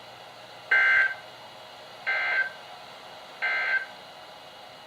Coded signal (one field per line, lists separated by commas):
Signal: Emergency Alert System (SAME) tones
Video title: EAS #1411-#1424: LOTS of Flooding | KHB36, WXM42, & WNG736